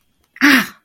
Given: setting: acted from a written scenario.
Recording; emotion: vocal sound without words; pain